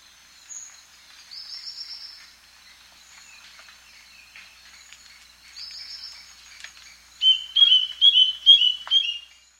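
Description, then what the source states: Willis's antbird song: a quick series of high whistled notes near the end, preceded by two softer buzzy trills. South America.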